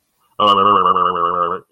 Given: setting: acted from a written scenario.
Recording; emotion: vocal sound without words; confusion